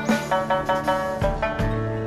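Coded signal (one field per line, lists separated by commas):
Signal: none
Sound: music in drama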